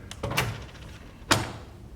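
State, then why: Not seated. A portable racking motor is handled at the mounted racking bracket of a Square D Masterpact breaker while its metal lock pin is being set, giving a few quick metallic knocks in the first half-second and a sharper, brighter clack around 1.3 s. The motor and lock pin have not seated or locked in yet.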